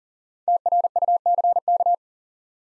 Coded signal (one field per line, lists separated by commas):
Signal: Morse code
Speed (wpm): 42 wpm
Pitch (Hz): 700 Hz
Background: none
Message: TRUCK